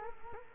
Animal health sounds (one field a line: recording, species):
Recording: mosquito wingbeat signal from an infrared sensor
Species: Culex quinquefasciatus